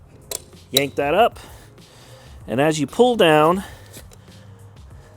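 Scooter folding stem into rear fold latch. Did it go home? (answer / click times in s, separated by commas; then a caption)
no / none. The folding stem of an ECOROAD ES4 electric scooter is yanked up and pulled down toward the metal fold latch at the rear deck while someone talks, with brief sharp handling knocks at about 0.3 s and 4.1 s. The stem is handled but not yet home, and nothing has seated or clicked into the latch yet.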